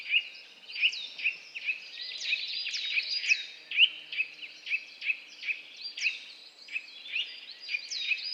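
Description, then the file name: Eurasian nuthatch delivering a lively series of quick repeated sharp, high calls. "Sitta europaea"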